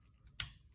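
A metal terminal pin is pushed back into a plastic automotive connector housing and seats with a sharp, bright click at 0.4 s. A faint tick comes just before, near 0.3 s, and then the click fades quickly. The pin is pushed home and confirmed seated.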